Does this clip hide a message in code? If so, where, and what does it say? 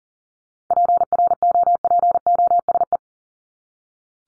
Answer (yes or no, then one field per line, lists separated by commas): yes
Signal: Morse code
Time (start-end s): 0.7-3.0 s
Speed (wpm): 40 wpm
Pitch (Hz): 700 Hz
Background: none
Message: PROPOSE